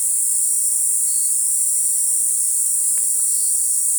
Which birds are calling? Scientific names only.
none